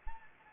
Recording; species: mosquito wingbeat signal from an infrared sensor; Anopheles gambiae